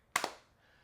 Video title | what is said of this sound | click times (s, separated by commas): The BEST BUDGET CASE For The iPhone 16 Pro Max?? - Spigen Liquid Air T | Solid click onto there. | 0.2 s